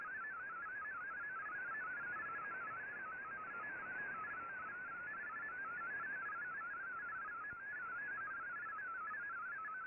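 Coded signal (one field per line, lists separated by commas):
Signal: multi-tone FSK (Olivia or MFSK type)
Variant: MFSK32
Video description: Here is my decode of the Shortwave Radiogram broadcast today on 15770Khz shortwave radio at 1300UTC in MFSK32 and 64 with 9 SSTV images.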